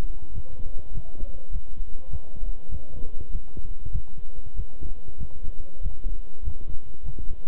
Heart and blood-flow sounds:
heart sounds by stethoscope; between the tricuspid and mitral areas; 98 bpm
0.32 s: heartbeat
0.92 s: heartbeat
1.50 s: heartbeat
2.09 s: heartbeat
2.69 s: heartbeat
3.30 s: heartbeat
3.90 s: heartbeat
4.54 s: heartbeat
5.17 s: heartbeat
5.80 s: heartbeat
6.43 s: heartbeat
7.03 s: heartbeat
From the record:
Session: walking at 3.7 km/h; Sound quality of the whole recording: good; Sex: male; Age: 26 years

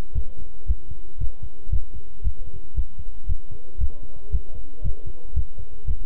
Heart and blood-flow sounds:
heart sounds by stethoscope; between the tricuspid and mitral areas; 115 bpm
0.15 s: heartbeat
0.68 s: heartbeat
1.20 s: heartbeat
1.72 s: heartbeat
2.24 s: heartbeat
2.76 s: heartbeat
3.28 s: heartbeat
3.80 s: heartbeat
4.32 s: heartbeat
4.84 s: heartbeat
5.35 s: heartbeat
5.87 s: heartbeat
From the record:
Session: walking at 3.7 km/h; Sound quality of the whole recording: good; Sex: male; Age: 25 years

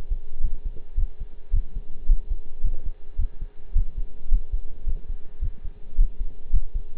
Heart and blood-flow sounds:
heart sounds by stethoscope; between the tricuspid and mitral areas; 108 bpm
0.43 s: heartbeat
0.97 s: heartbeat
1.53 s: heartbeat
2.08 s: heartbeat
2.63 s: heartbeat
3.18 s: heartbeat
3.75 s: heartbeat
4.31 s: heartbeat
4.86 s: heartbeat
5.41 s: heartbeat
5.98 s: heartbeat
6.52 s: heartbeat
From the record:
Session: pedaling a stationary bicycle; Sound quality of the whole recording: partially saturated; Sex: male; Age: 23 years

